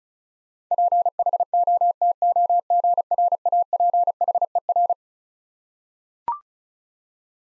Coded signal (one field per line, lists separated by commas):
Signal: Morse code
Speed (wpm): 36 wpm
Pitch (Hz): 700 Hz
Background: none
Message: PHOTOGRAPHER